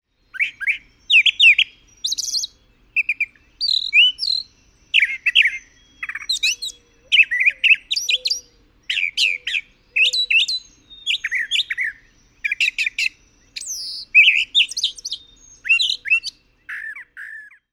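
Brown thrasher singing: a long series of varied, chirpy and whistled phrases separated by short pauses.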